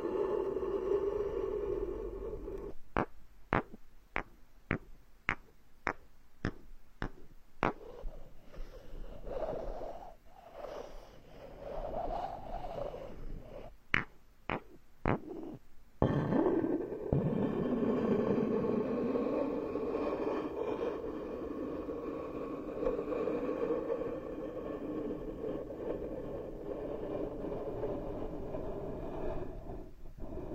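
Ear picking and massage with a steady low rubbing, a rapid run of sharp clicks early on and more around fifteen seconds.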